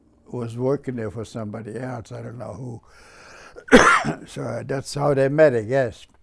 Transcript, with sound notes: was working there for somebody else. I don't know who. (he coughs) So that how they met, I guess.